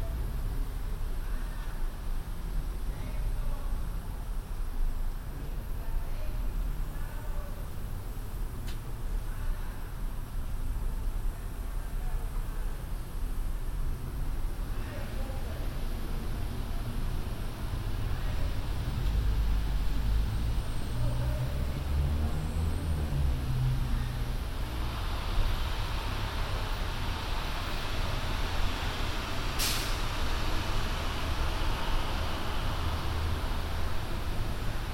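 A binaural recording of a trip across the city by MTA transit, full of steady low vehicle rumble and engine drone. A heavier rumbling swell passes around twenty seconds, a hiss rises after twenty-five, and a sharp bright burst, like an air brake, cuts in near thirty seconds.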